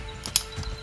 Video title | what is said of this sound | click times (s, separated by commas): HUGE Jurassic World Dinosaur Collection! New Dominion Dinosaurs - T Rex, I Rex, Spinosaurus | And it clicks right into the back. | 0.4 s